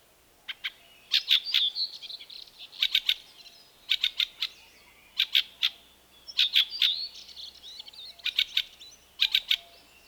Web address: Fieldfare